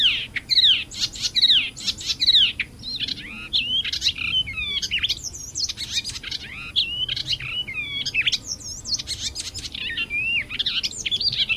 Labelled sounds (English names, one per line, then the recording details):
Icterine Warbler song
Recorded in the wild
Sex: male
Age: adult
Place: Feldberg - Koldenhof, Mecklenburgische Seenplatte, Mecklenburg, DE
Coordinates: 53.3403, 13.3586
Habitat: lake
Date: 1976-06-14 20:06
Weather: ca. 16 °C
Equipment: Uher CR 210, Sennheiser MD 421 HL, Verstärker, Reflektor, Kopie Uher 4200
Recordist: Tembrock, Günter